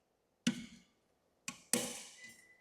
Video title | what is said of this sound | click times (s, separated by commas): Toilet Repair Tutorial | Now guys, when this clicks into place, you're going to hear it. Watch. | 0.5 s, 1.7 s